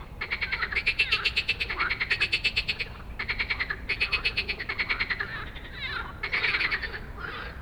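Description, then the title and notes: Frog chorus of rapid rattling croak trains, several overlapping callers in bursts, with a few squeakier notes near the end and low background rumble. Many frogs giving an evening chorus after dark in Stromovka Park, Prague, 18 May 2022, from 22:08; recorded on a Sony PCM-D100. "Stromovka Park, Prague - Frog concert at Stromovka after dark. Już z daleka słyszałem, że gdzieś blisko jest gęsto od żab i dają wieczorny koncert. I heard from afar that there is a lot of frogs somewhere near and they are giving an evening concert"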